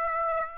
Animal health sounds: mosquito wingbeat signal from an infrared sensor; Aedes aegypti

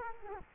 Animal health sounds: mosquito wingbeat signal from an infrared sensor; Culex quinquefasciatus

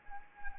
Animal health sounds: mosquito wingbeat signal from an infrared sensor; Anopheles arabiensis

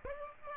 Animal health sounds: mosquito wingbeat signal from an infrared sensor; Aedes aegypti

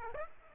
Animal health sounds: mosquito wingbeat signal from an infrared sensor; Aedes aegypti

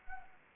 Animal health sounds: mosquito wingbeat signal from an infrared sensor; Anopheles arabiensis

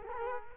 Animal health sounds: mosquito wingbeat signal from an infrared sensor; Culex quinquefasciatus

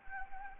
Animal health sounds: mosquito wingbeat signal from an infrared sensor; Anopheles gambiae

